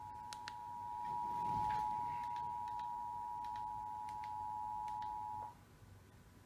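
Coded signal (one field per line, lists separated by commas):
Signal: Emergency Alert System (SAME) tones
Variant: 853 and 960 Hz attention tone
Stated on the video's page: EAS alert, a Child Abduction Emergency, received on Comcast cable and also on a TV and an FM station in Georgia.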